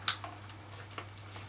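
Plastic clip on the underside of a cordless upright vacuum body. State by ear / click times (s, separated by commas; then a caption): not seated / none. The blue plastic clip on the underside of a Vax Air Cordless Bagless U86-AL-B upright vacuum body is being handled as it is pushed back on underneath. Brief plastic ticks come at about 0.1 s and 1.0 s over a steady low hum. Nothing has seated or clicked yet.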